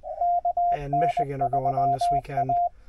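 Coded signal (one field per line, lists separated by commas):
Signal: Morse code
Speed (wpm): 20 wpm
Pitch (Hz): 700 Hz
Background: speech, radio noise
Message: KN3A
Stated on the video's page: Morse sent during a Parks on the Air activation at a Pennsylvania state gamelands park, using an Icom 7100.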